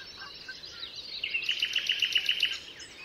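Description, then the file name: Common nightingale singing a steady series of about eight loud, identical clipped notes, evenly and rapidly repeated, after softer warbled phrases, with faint background noise. Recorded 27 April 2014 at Altmühlsee. "Nachtigall. Altmuehlsee. Susanne Rieck"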